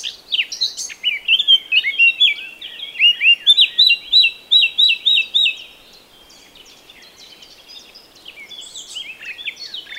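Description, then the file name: Eurasian blackcap song: a lively scratchy warble rising into a loud run of clear fluted whistles, then fading to soft twittering. "Sylvia atricapilla"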